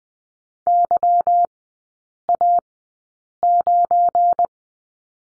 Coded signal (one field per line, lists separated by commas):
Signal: Morse code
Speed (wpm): 20 wpm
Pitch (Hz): 700 Hz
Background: none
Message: YA9